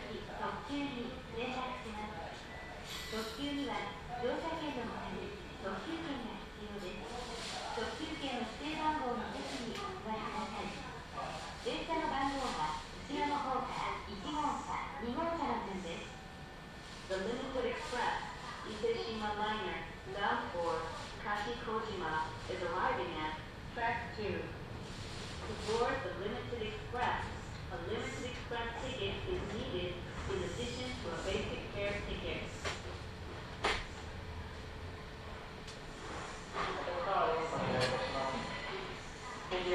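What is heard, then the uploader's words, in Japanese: Aboard a local stopping train, people talk steadily for the whole stretch, a woman's voice among them, over a constant low rumble of the carriage. The level stays even throughout, with a few brief clicks and knocks near the end. 近鉄名古屋線各駅停車 塩浜→白子。平日の午前中は地元客が病院に行くのに使ったりと人の出入りがあります。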